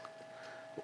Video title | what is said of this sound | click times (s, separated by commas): How To Change A Weber Grill Burner - Ace Hardware | You'll hear it click right in. | 0.0 s